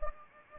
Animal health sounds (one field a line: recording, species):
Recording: mosquito wingbeat signal from an infrared sensor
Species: Anopheles gambiae